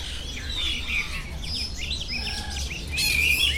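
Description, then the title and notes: Several birds twitter and whistle, with a clear loud whistled phrase near the end, over a low humming background. Birds singing at the Bird Garden, Mongkok, Hong Kong, 15 February 2008; recorded with AKG condenser microphones in XY stereo. "香港 旺角 雀鳥花園 雀鳥唱歌 (內附有人類語言中的粗囗) Bird Singing in the Bird Garden, Mongkok, Hong Kong Date: 15 February 2008"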